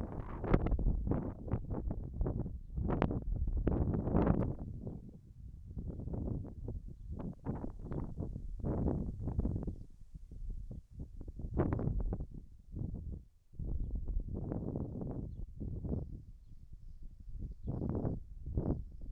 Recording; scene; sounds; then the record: everyday scene through a hearing-aid microphone; wind on the microphone; wind, whistling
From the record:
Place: in front of a rural house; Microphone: behind the ear, left, front